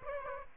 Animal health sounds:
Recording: mosquito wingbeat signal from an infrared sensor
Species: Aedes aegypti

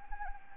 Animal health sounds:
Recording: mosquito wingbeat signal from an infrared sensor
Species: Anopheles arabiensis

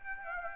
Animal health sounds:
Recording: mosquito wingbeat signal from an infrared sensor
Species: Aedes aegypti

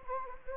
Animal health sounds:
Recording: mosquito wingbeat signal from an infrared sensor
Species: Anopheles gambiae

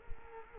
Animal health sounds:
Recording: mosquito wingbeat signal from an infrared sensor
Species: Culex quinquefasciatus

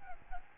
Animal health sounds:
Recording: mosquito wingbeat signal from an infrared sensor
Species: Aedes albopictus

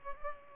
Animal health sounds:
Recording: mosquito wingbeat signal from an infrared sensor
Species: Culex pipiens

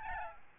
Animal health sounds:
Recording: mosquito wingbeat signal from an infrared sensor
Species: Aedes albopictus

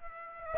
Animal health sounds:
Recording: mosquito wingbeat signal from an infrared sensor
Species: Aedes albopictus

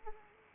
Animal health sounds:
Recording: mosquito wingbeat signal from an infrared sensor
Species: Anopheles arabiensis

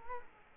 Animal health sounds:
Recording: mosquito wingbeat signal from an infrared sensor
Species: Culex quinquefasciatus

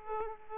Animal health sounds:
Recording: mosquito wingbeat signal from an infrared sensor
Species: Aedes aegypti

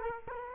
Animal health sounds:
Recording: mosquito wingbeat signal from an infrared sensor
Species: Culex quinquefasciatus

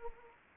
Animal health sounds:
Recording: mosquito wingbeat signal from an infrared sensor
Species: Anopheles arabiensis

